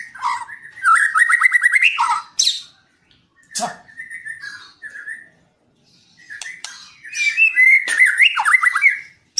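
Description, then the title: White-rumped shama song: rich, varied whistled phrases with rapid trills and sharp slurred notes, delivered in bursts separated by short pauses. Training recording (masteran) for caged birds. "MURAI BATU LABAIK"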